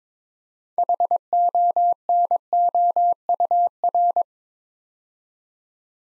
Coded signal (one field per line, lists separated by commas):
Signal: Morse code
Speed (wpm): 22 wpm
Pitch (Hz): 700 Hz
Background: none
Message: HONOUR